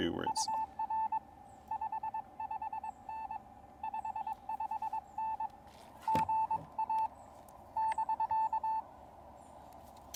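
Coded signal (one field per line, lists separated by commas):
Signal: Morse code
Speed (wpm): 22 wpm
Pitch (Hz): 880 Hz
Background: speech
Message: UR 55N 55N GA <BK>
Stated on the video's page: CW from a POTA park activation with a Xiegu X6200, Begali Traveler key, and 9:1 UNUN random wire antenna.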